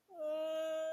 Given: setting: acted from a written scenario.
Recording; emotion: vocal sound without words; distress